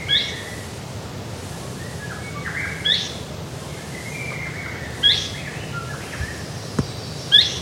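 Bird calls: bright, high chirps sliding downward, repeated roughly every two seconds, with soft lower whistles in between and constant background hiss.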